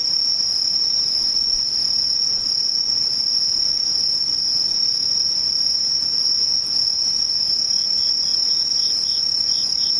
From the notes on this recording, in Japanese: ムシ